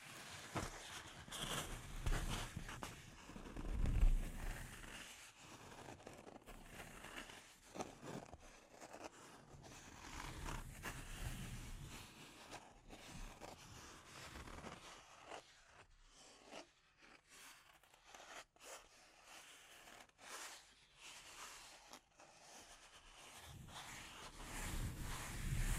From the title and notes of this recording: ASMR Delicate Mic Scratching and Tapping Triggers for Instant Sleep (No Talking).